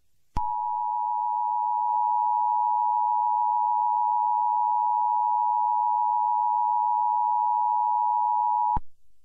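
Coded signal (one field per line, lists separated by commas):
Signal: Emergency Alert System (SAME) tones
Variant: 853 and 960 Hz attention tone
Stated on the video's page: Fictional EAS scenario made with online editors and text-to-speech.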